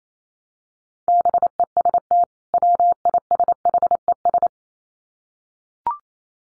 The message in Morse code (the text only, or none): BEST WISHES